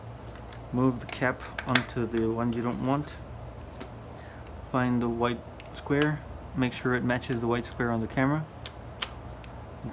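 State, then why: Seated. Someone talks while an interchangeable lens is lined up by its white square with the matching mark on the camera body, pushed into the bayonet mount and rotated. The lens clicks and locks into the mount at 9.0 s, seated, with faint ticks just before and after.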